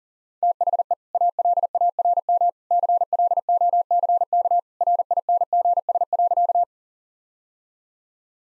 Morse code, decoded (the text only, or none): THE ALARM CLOCK RINGS.